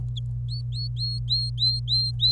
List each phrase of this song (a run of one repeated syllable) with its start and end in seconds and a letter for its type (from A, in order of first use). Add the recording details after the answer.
0.49-2.31 A. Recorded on 26 April 2018 at 10:53. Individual llb3